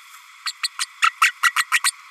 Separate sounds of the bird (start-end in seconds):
0.45-0.53, 0.63-0.68, 0.79-0.86, 1.02-1.13, 1.21-1.32, 1.42-1.52, 1.56-1.64, 1.72-1.80, 1.84-1.93